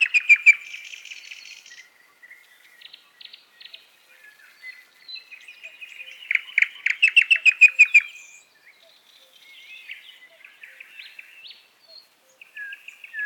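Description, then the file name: Nightingale singing varied phrases: short chirps and whistles, then a loud run of rapidly repeated notes, followed by quieter scratchy and whistled fragments. "Solovei"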